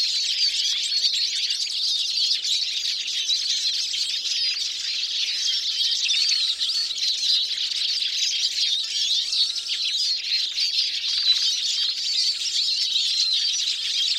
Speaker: But by far the most impressive sound from the siskin occurs on cold, clear mornings in late winter, when huge flocks gather and, like the common crossbill, indulge in community singing.